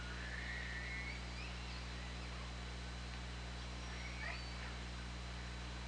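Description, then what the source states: Orca calls, a drawn-out rising sweep at the start and a shorter upsweep near the end, set against steady hiss and low hum. Recorded at Orca Lab on 24 August 2017 at 20:15.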